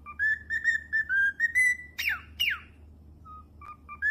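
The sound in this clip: Cockatiel with a quick whistled melody followed by two loud descending shrieks, quieter chirps after, and the whistling resuming at the end; low hum throughout.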